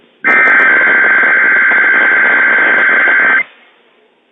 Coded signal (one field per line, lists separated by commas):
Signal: Emergency Alert System (SAME) tones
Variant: header bursts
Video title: Spokane County EAS Test on WWF56 4/13/2021 EAS #563